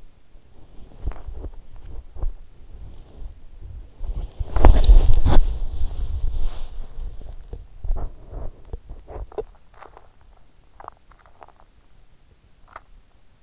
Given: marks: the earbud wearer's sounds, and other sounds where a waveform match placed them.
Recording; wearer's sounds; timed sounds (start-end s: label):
sounds in sleep by an in-ear microphone; body movement, swallowing
0.00-9.62 s: body movement
9.62-13.43 s: swallowing